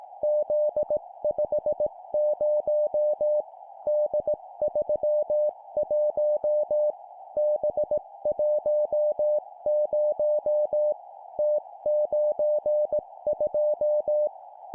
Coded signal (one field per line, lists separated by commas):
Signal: Morse code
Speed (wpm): 18 wpm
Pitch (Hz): 600 Hz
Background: music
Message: Z50 D31 B10 T92